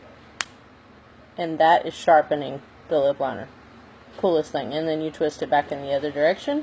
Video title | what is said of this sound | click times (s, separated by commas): Limelife Full Face Makeup Tutorial | So you turn the cap until it snaps like that. | 0.4 s